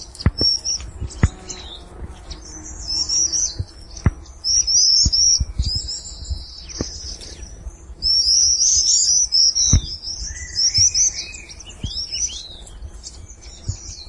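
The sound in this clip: Black-throated parrotbill calls: repeated high, thin twittering bursts at uneven intervals, a lower wavering phrase late on, and occasional soft knocks.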